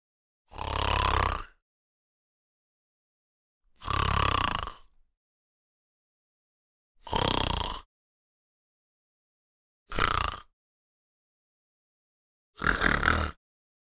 Snore Male.